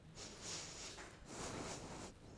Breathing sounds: one breath in and out by a microphone near the nose and mouth; strong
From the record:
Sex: male

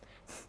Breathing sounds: one breath in and out by a microphone near the nose and mouth; strong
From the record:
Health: marked as sick, illness not named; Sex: female

